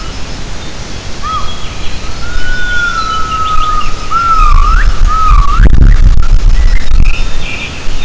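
Gibbon call: a long, pure, whistled tone, then short notes that sweep upward. A strong low rumble and several dull thumps run through the recording.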